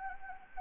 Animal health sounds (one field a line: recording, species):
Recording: mosquito wingbeat signal from an infrared sensor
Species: Anopheles gambiae